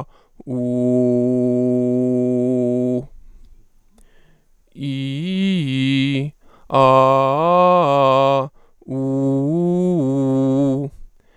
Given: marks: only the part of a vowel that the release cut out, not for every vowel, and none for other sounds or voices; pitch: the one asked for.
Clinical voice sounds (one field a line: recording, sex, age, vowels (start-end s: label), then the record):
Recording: sustained vowels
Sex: male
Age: 30 to 39 years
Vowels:
0.61-2.88 s: vowel /u/, low pitch
4.87-6.21 s: vowel /i/, low-high-low pitch
6.77-8.33 s: vowel /a/, low-high-low pitch
9.00-10.78 s: vowel /u/, low-high-low pitch
From the record:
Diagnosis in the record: mutational falsetto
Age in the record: 34 years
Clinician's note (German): Verlaufskontrolle vor Abschluß der Therapie